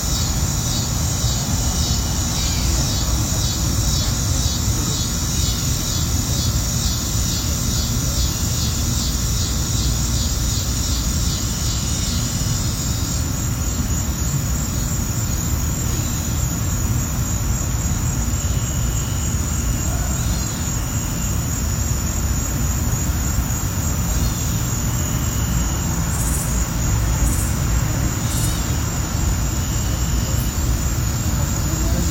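A small wooded yard with a steady, dense hum of insects up high, pulsing rhythmically for the first dozen seconds before settling into a continuous drone. A constant low rumble, like traffic, sits underneath, with a few brief bird chirps after twenty seconds.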